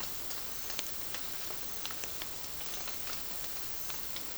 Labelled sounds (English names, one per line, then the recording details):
none
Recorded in pastures near Puerto Asís, Putumayo, Colombia, on 25 June 2025 at 13:00
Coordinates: 0.466, -76.322
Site GP07